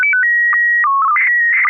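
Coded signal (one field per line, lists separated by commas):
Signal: SSTV (slow-scan television)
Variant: PD 120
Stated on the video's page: SSTV images exchanged on a weekly amateur net via an FM repeater on 441.300 MHz in Sacramento, California.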